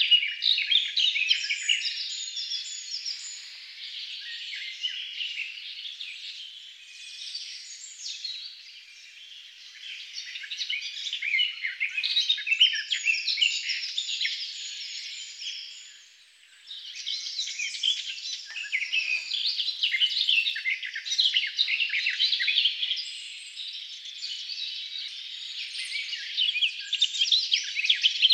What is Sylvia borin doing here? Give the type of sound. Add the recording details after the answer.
song. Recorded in the wild. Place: Telehany, BY. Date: 2005-05-23. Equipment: Minidisc Sony MZ-R35, Telinga DAT, Telinga-Parabolspiegel. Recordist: Schwarz, Dieter